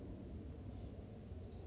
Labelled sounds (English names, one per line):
Oak Titmouse